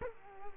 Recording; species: mosquito wingbeat signal from an infrared sensor; Culex quinquefasciatus